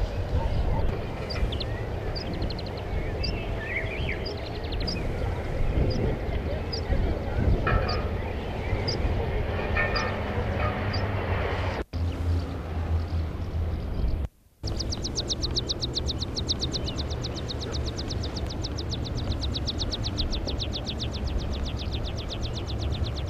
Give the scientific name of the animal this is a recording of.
Anthus pratensis